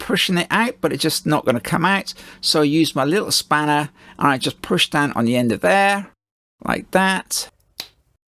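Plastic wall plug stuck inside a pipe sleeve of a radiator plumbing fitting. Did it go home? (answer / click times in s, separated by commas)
released / 7.8 s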